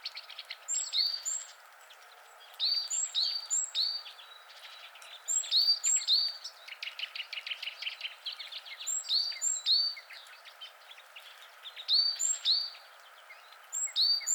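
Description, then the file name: Great tit repeating clear two-note phrases, high then low, in several bursts. "Parus major"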